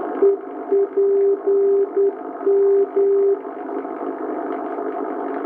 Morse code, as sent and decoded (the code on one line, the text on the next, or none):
. .--. --
EPM